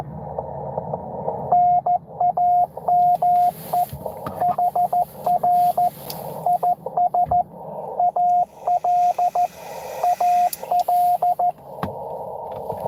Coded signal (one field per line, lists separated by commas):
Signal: Morse code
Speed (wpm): 14 wpm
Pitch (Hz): 710 Hz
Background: radio noise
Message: NAME HR IS AL AL